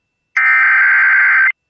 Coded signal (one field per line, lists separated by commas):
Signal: Emergency Alert System (SAME) tones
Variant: header bursts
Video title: Kentucky wants it... | EAS Alerts from May 16th, 2023 (EAS #2574-2585)